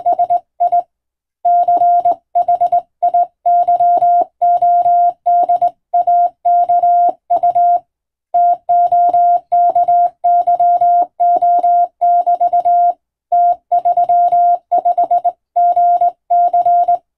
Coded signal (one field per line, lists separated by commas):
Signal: Morse code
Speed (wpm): 19 wpm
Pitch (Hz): 700 Hz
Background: none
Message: SI CHIYODAKU TOKYO<BT> T35GC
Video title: 【無線通信士】縦振り電鍵で打つ珍しい欧文暗語のモールス無線電報、昔は船と陸との唯一の通信手段、大変重要な無線通信でした。アマチュア無線の受信トレーニングにどうぞ morse code practice